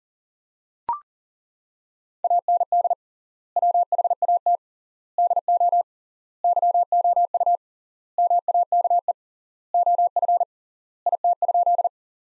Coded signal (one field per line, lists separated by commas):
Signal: Morse code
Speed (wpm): 37 wpm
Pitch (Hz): 700 Hz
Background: none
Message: AND WHAT DO YOU MAKE OF IT?